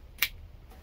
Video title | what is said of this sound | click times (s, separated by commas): ECOFLOW River Pro: Connecting Harbor Freight Solar Panels by using a SAE to MC4 Adapter | it locks into place okay so now i've got it all connected | 0.2 s